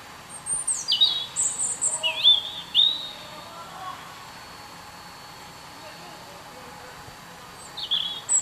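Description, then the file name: European robin song: a phrase of high, thin whistled notes and slurred trills, followed by a long quiet gap and a brief closing note. "Erithacus rubecula"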